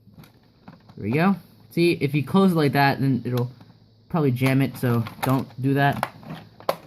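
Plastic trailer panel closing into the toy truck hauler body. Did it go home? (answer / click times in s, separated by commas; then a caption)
yes / 6.6 s, 6.7 s. Someone talks while closing the plastic trailer panel of a 2018 Disney Pixar Cars 3 Transforming Cruz Ramirez Hauler (Dinoco #51) toy back into the hauler body, pushing until the parts snap into place. Two sharp snaps are heard at 6.6 s and 6.7 s. The panel seats fully, with no outline showing.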